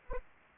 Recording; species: mosquito wingbeat signal from an infrared sensor; Anopheles arabiensis